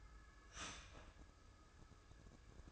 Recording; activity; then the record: daily activity, microphone in the room; start toaster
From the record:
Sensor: 2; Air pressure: 995.0 hPa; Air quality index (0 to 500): 57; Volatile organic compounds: 1 ppm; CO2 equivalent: 942 ppm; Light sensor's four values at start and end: 17/54/21/20 and 17/54/21/20